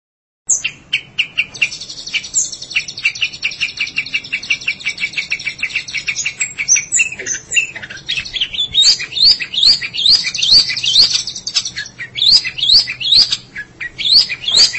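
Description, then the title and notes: Long-tailed Shrike song that opens with a long rapid series of clicking notes, then shifts into repeated sweeping high whistles and scratchy chatter. Long-tailed Shrike, locally called pentet; recording dated March 2017. "Pentet 201703. Suara burung pentet"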